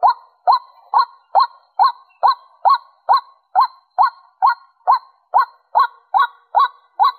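White-breasted waterhen giving repeated single hooked 'kwak' notes, evenly spaced a little over two per second, with no other sounds.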